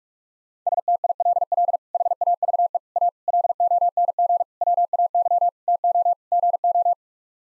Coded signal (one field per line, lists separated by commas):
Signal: Morse code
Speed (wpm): 41 wpm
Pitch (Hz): 700 Hz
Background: none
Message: STILL HAVE A LONG WAY TO GO